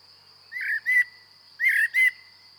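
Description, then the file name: Common blackbird giving two pairs of short level whistled notes about a second apart, against a steady high background drone. "Turdus merula"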